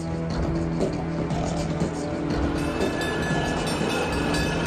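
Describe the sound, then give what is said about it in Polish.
A tram rolls steadily along its rails on a ride to Śródmieście: a continuous, fairly loud rumble with a droning electric hum and occasional soft clacks from the wheels. No one speaks. “Rafał i Lolek pojechali razem tramwajem do Śródmieścia, po czym ich drogi rozeszły się.”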